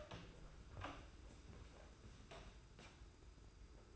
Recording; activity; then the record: daily activity, microphone in the room; open door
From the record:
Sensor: 2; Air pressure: 991.5 hPa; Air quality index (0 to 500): 153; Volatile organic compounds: 500 ppm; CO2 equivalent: 4819 ppm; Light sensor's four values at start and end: 32/96/38/35 and 32/96/38/35